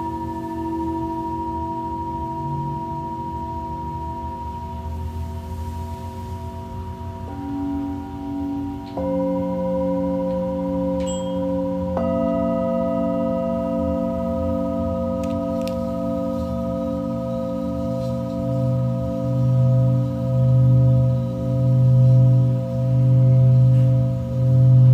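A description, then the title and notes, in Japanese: Tibetan singing bowls hum in long sustained tones, new bowls entering around 7, 9 and 12 seconds, with a slow pulsing wobble growing toward the end. 深夜のシンギングボウルのサウンドヒーリング。チベタンシンギングボウル。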